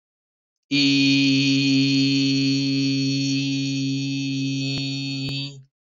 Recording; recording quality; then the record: sustained vowel as in beet; excellent, no background noise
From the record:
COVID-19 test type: RT-PCR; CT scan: not taken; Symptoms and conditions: cough, cold, sore throat, fatigue, loss of smell and taste, chronic lung disease, pneumonia, hypertension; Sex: male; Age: 23 years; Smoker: no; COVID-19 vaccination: both doses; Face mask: not worn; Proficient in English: yes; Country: India